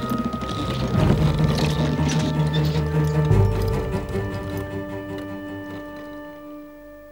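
Boats being lowered from a ship into the water: a rushing, churning clatter swells in the first few seconds over a steady humming drone, then thins out and slowly fades.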